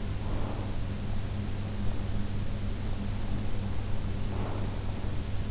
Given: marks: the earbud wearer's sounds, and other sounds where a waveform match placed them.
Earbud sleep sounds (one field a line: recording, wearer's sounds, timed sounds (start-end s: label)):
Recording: sounds in sleep by an in-ear microphone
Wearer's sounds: breath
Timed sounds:
0.09-0.99 s: breath
4.03-5.03 s: breath